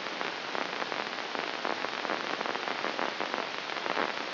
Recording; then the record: brain microelectrode recording played as sound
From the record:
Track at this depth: inside the subthalamic nucleus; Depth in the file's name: 3.228 mm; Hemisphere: left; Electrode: 2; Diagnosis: Parkinson's disease